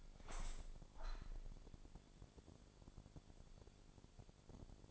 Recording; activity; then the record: daily activity, microphone in the room; open window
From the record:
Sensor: 5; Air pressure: 1000.6 hPa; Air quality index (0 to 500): 152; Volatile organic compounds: 2 ppm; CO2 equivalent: 1170 ppm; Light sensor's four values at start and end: 39/92/38/41 and 39/92/38/41